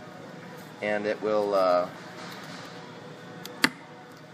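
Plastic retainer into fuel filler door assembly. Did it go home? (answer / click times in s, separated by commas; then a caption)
yes / 3.6 s. On a 2010–2012 Ford Fusion filler pipe and door replacement for code P0442, a plastic retainer is popped over into the groove of the new fuel filler door assembly. Someone talks briefly, then after a quiet pause a faint tick at 3.5 s leads into a sharp snap at 3.6 s. The retainer locks into place and its little tang goes flat.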